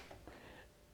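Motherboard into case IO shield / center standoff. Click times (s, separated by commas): 0.3 s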